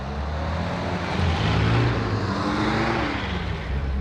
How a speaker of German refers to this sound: Die Motoren werden angelassen und die drei Wagen fahren ohne Licht davon.